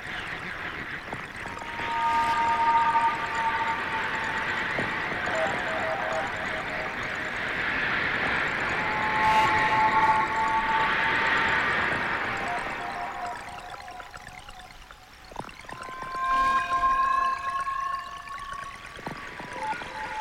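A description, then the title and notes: A processed, rushing fountain-like wash with sustained synthesized tones and ringing pitches swells twice, thins near fifteen seconds, then returns with bright stepped notes. Excerpt from improvised sound performance at Institute of Visual Art, Milwaukee, WI. Live processing of the sound of a water fountain located in a public plaza was mixed together with field recordings and synthesizer sequences to create an ambient soundscape that was performed and played back in the same public space.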